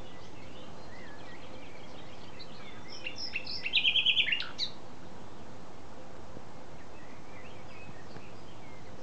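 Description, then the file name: Common nightingale song: a single brief phrase of soft lead-in notes building into a fast, repeated rattle, set against a steady hiss. "Luscinia megarhynchos"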